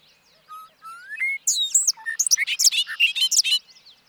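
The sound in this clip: Bobolink singing: two soft whistled notes sliding upward, then a quick, bubbly run of bright metallic and squeaky notes for about two seconds.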